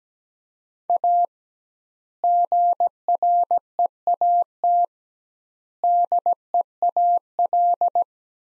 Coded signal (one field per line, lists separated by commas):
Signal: Morse code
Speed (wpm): 17 wpm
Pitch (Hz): 700 Hz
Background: none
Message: A GREAT DEAL